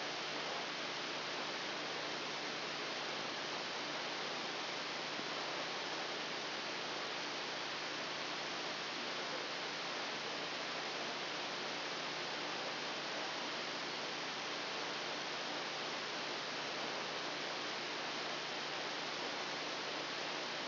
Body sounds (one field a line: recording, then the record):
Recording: brain microelectrode recording played as sound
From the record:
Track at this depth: outside the subthalamic nucleus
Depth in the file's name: 0.315 mm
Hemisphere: left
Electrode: 2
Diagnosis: Parkinson's disease